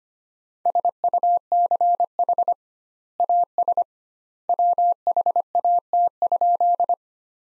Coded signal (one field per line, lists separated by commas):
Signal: Morse code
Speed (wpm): 25 wpm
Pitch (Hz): 700 Hz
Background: none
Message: SUCH AS WHAT?